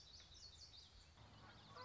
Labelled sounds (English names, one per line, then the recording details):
Common Yellowthroat
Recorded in Sonoma County, California